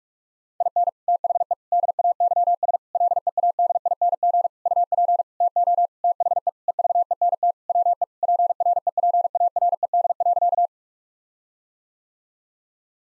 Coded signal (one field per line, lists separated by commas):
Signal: Morse code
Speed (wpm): 46 wpm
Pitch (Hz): 700 Hz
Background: none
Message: IN THE DAYS LEADING UP TO THE EVENT WE PREPARED.